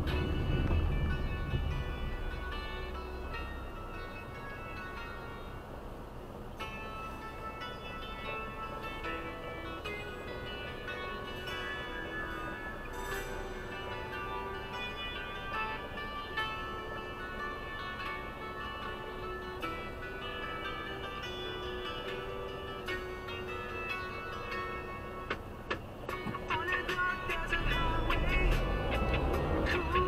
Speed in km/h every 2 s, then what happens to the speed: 20, 1, 0, 0, 0, 0, 0, 0, 0, 0, 0, 0, 0, 4, 22.
0-3 brakes to 0. 3-25 standing. 25-28 pulls away to 22.